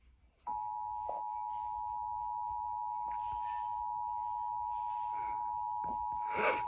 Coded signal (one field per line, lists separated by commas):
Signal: Emergency Alert System (SAME) tones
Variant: 853 and 960 Hz attention tone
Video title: EAS RMT Chicago (WGN-TV) 05/5/26